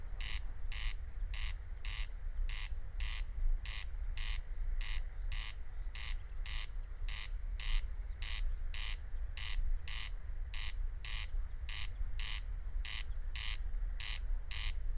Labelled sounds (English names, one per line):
Corn Crake song